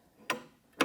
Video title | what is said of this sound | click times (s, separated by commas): Combo Chair - Come assemblare la tua nuova Combo Chair | and it will snap into place. | 0.3 s, 0.8 s